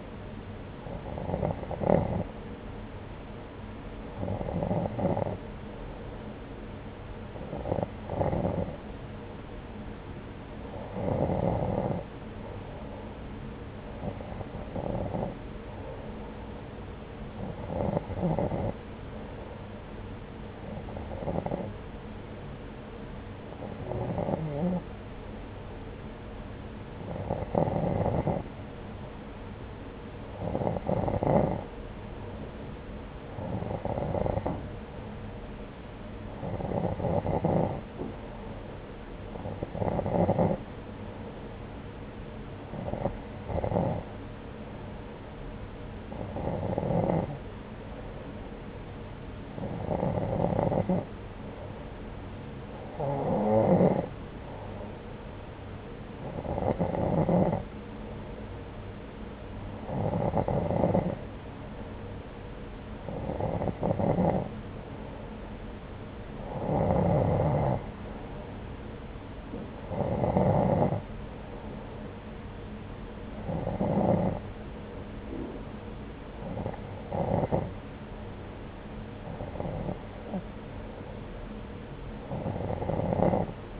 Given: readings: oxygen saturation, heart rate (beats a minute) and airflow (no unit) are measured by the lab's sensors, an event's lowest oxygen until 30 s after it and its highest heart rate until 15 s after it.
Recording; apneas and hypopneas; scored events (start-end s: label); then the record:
breathing in sleep by a voice recorder at the bedside; none
none scored
From the record:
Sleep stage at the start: N2 (light sleep); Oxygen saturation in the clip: 90 to 91%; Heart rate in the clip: 69 to 81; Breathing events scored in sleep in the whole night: 303 in 8.1 hours asleep